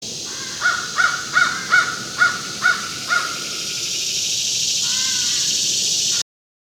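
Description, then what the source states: American crow calls: seven hoarse caws in quick succession, then after a pause a different call, with a steady hiss. A pair calling near the top of a 25 m pine across a road, 35–40 m away; 10:35 a.m., July 25, 2019; clear skies, no wind, about 70 degrees.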